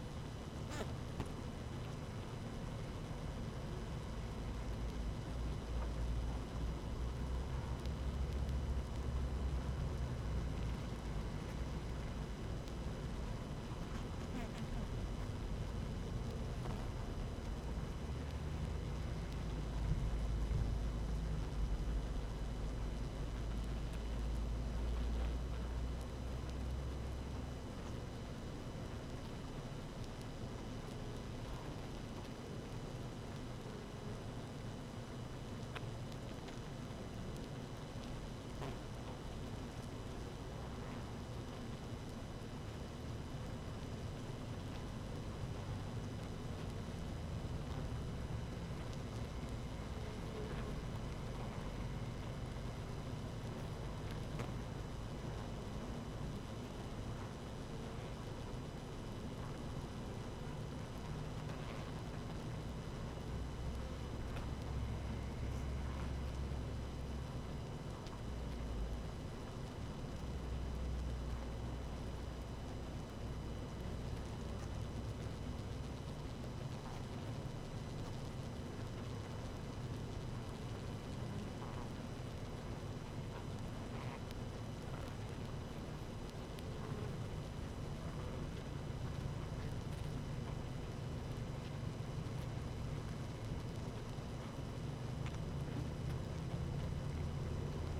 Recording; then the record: honeybee colony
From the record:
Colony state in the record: active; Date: 12 June 2018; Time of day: 18:07